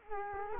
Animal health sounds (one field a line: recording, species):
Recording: mosquito wingbeat signal from an infrared sensor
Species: Culex quinquefasciatus